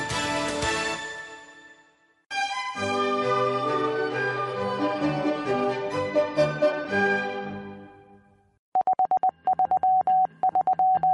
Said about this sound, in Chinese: 533拦截到了摩斯密码传来的秘密。